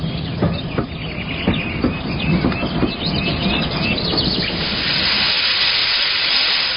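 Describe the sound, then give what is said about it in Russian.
A steam train pulls in, its rhythmic chuffing slowing over a few seconds before giving way to a steady, loud hiss of released steam, with faint high chirps in the background. “«Подъезжаем», — сказал он своему спутнику”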